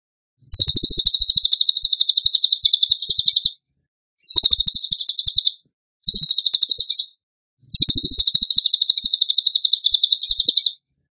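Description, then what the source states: Tembakan bird singing high, thin, buzzy trills in four bursts of one to three seconds, with faint low clicks beneath. Tutor (masteran) recording of a Tembakan bird in full song (gacor).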